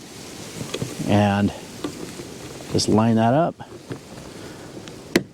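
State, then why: Seated. On the driver's side of a 2000–2006 first-generation Toyota Tundra, someone talks while the new wiper blade's plastic adapter is lined up with the metal J-hook wiper arm, pressed in and slid over. A small click comes at 4.9 s, then a sharper snap at 5.2 s as the adapter locks onto the J-hook arm, fully seated.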